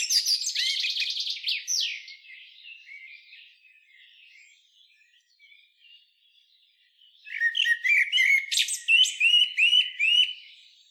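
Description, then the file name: Common blackbird: a fast run of sharp, high chinking notes, then a quieter spell, then a louder burst of squeaky, twittering notes. "Turdus merula"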